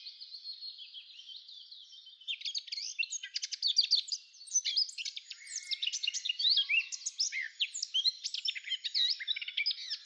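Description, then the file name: Eurasian blackcap delivering a long, hurried warble of chattering and twittering notes, steadily intensifying and running without pause to the end. "Sylvia atricapilla"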